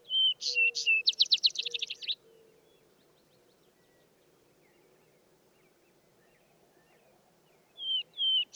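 Vesper sparrow singing: whistles lead into a rapid trilled run, then a pause before the next song begins.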